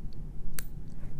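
A saw-cut metal jump ring is closed with pliers so its two cut ends meet, giving one sharp, bright click at 0.6 s over a low steady hum, with a couple of fainter ticks around it. The click shows the ends have seated together with no gap left.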